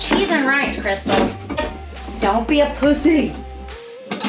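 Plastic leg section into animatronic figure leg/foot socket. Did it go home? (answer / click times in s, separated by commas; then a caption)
yes / 4.1 s. A plastic leg section of a Halloween animatronic werewolf is pushed into its leg/foot socket while someone talks over faint background music. A single short pop is heard at 4.1 seconds as the piece seats into place.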